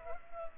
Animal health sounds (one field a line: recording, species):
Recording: mosquito wingbeat signal from an infrared sensor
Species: Culex pipiens